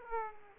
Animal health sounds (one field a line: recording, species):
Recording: mosquito wingbeat signal from an infrared sensor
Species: Aedes aegypti